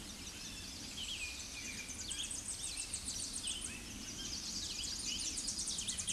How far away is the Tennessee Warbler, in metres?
about 35 m